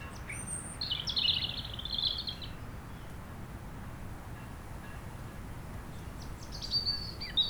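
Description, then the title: European robin gives one high, jangling warbled phrase, then a few faint thin notes near the end, with wind rumbling steadily below. Chindrieux, France; sunny sloping lawn at Châtillon beach, sheltered from the north wind; robin singing not far away; wind rumbling in the trees. "Chem. des Rubellines, Chindrieux, France - rouge gorge"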